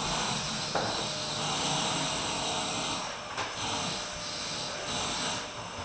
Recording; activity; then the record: daily activity, microphone in the room; vacuum cleaning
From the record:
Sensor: 2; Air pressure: 995.1 hPa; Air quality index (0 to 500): 50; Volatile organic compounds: 1 ppm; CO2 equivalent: 782 ppm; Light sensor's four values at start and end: 16/52/20/19 and 16/52/20/20